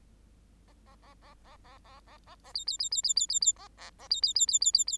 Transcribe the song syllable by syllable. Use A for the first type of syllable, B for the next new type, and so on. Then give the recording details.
A A A A A A A A A A B B B B B B B B A A A B B B B B B B. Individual Bird8